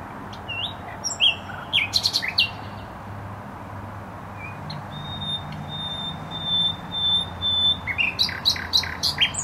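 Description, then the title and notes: Nightingale song: bursts of rich chirps and rattles, then a long pure steady whistle before fast varied notes return, over a constant low traffic roar. Singing in bushes close to a noisy motorway, Bródno-Podgrodzie, Warsaw, Poland; recorded on an Olympus LS-11. "Bródno-Podgrodzie, Warszawa, Polska - Trasa Toruńska Nightingale. Recording nightingale singing in bushes close to noisy motorway"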